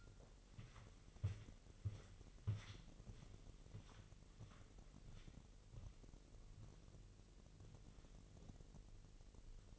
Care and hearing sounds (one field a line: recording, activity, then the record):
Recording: daily activity, microphone in the room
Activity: walk to room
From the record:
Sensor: 4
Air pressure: 1002.8 hPa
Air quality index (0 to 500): 250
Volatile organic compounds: 10 ppm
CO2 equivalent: 2242 ppm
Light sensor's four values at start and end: 11/25/10/10 and 12/28/11/11